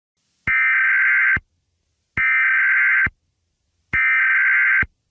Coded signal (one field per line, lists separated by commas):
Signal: Emergency Alert System (SAME) tones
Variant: header bursts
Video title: EAS Scenario #7: Code Blue